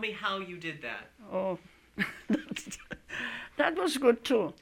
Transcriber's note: laughs